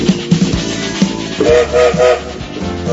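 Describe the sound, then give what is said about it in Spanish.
A steam train whistle sounds in three short, steady, mid-pitched blasts over a low rumbling engine, after a few rhythmic chuffs as the train starts moving. “Con silbato, estamos en marcha, pónganse cómodos”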